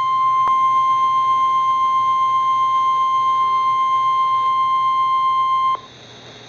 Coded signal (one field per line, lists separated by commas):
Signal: Emergency Alert System (SAME) tones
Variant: 1050 Hz attention tone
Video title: Real NOAA Weather Radio EAS Alert #305